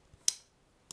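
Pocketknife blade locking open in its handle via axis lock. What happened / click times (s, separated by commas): The metal blade lock snapped into place / 0.3 s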